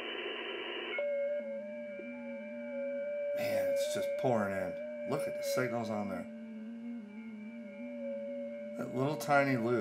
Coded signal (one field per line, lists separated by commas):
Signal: FT8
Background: speech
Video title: This Magnetic Loop Is JUST AWESOME!! 50MHz CNC Machined Aluminum VHF Loop, June VHF Contest Contacts